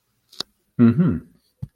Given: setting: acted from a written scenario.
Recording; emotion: vocal sound without words; neutral